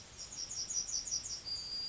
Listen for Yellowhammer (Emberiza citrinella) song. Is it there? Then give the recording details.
yes. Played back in grassland. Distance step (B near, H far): E. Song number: 051